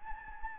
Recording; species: mosquito wingbeat signal from an infrared sensor; Anopheles gambiae